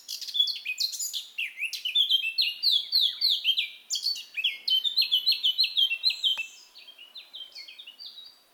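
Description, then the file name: Eurasian blackcap song: a long rapid warble of varied high chirping and whistled notes, rich and tumbling, running for most before fading. "Sylvia atricapilla"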